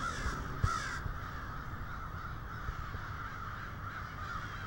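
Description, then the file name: Crows calling together in a thick chorus of overlapping caws, a couple of sharp clicks near the start, over a constant low-pitched background hum. In Cincinnati. "cinci crows"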